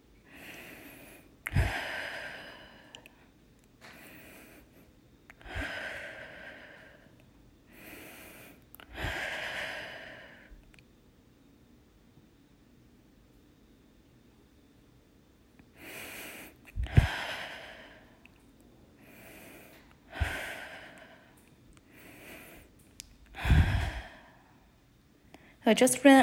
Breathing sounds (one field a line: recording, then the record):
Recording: deep breathing after running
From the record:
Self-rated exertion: light exertion (2 of 6)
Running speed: 6 miles an hour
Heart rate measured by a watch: 111 beats a minute at the start, 106 at the end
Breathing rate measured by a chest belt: 15 breaths a minute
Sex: female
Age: 28 years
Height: 155 cm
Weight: 44 kg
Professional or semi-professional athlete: no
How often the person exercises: 3 to 5 times a week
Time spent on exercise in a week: over 5 hours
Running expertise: yes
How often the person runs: 3 to 5 times a week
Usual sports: running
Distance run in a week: 45 km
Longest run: 32 km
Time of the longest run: 200 minutes